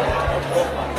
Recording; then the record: background sound without coughing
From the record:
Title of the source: CITY SOUNDS Busy Bar in the Evening Night - 2 HOURS of Ambiance for Relaxation